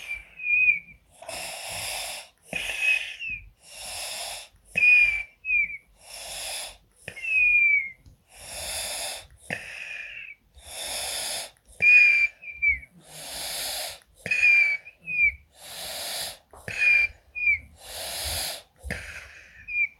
Baby With A Cold Snoring.